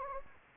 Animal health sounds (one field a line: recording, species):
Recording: mosquito wingbeat signal from an infrared sensor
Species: Anopheles gambiae